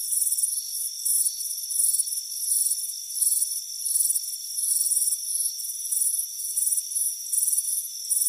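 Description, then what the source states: High cricket chirping in grouped bursts that swell and fade, backed by a continuous shrill buzzing chorus. Chirping crickets on a warm afternoon, heard from a front porch.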